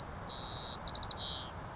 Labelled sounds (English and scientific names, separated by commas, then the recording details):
White-crowned Sparrow (Zonotrichia leucophrys)
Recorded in Sonoma County, California